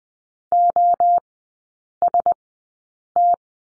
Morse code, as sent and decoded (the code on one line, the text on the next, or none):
--- ... -
OST